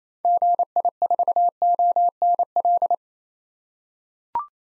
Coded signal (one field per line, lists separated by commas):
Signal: Morse code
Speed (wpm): 27 wpm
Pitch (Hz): 700 Hz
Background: none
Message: GI4ONL